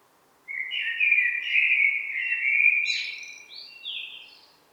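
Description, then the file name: Eurasian blackbird song, a low fluted warble that climbs into a thin, squeaky, high-pitched twitter at the close of the phrase. "Turdus merula"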